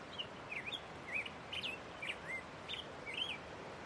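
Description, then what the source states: Grosbeak song, a quiet run of short warbled, slurred notes in quick succession over a steady background hiss. Recorded today down by the creek; the grosbeaks have returned.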